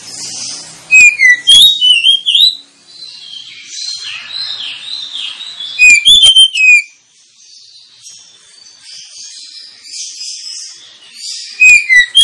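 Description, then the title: Oriental magpie-robin song, three loud bursts of sharp slurred whistles roughly every five seconds, linked by quieter, varied warbling phrases. Lure of an Oriental magpie-robin (kacer) in loud, continuous song, used to provoke other kacer birds into singing and fighting. "Kacer Langsung Tarung Konslet KACER NGOTOT FULL TEMBAKAN. Kacer dimana SAJA Bakalan NGEPLONG GACOR dengan Pancingan Kacer ini"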